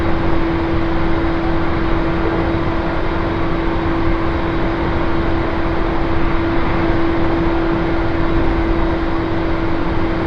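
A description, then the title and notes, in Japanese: A Tohoku Main Line train runs steadily, a dense unchanging rumble with a constant high whine riding over it, no distinct events. 東北本線下り 北上→盛岡。701系4両編成。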